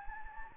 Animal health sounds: mosquito wingbeat signal from an infrared sensor; Anopheles gambiae

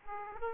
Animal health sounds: mosquito wingbeat signal from an infrared sensor; Aedes aegypti

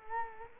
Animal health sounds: mosquito wingbeat signal from an infrared sensor; Culex quinquefasciatus

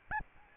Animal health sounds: mosquito wingbeat signal from an infrared sensor; Aedes albopictus

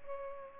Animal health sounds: mosquito wingbeat signal from an infrared sensor; Culex pipiens

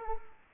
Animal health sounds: mosquito wingbeat signal from an infrared sensor; Culex quinquefasciatus

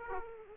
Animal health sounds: mosquito wingbeat signal from an infrared sensor; Aedes aegypti

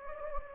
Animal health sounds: mosquito wingbeat signal from an infrared sensor; Anopheles gambiae

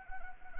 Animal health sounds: mosquito wingbeat signal from an infrared sensor; Anopheles arabiensis

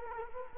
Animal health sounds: mosquito wingbeat signal from an infrared sensor; Culex quinquefasciatus

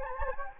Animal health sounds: mosquito wingbeat signal from an infrared sensor; Anopheles gambiae

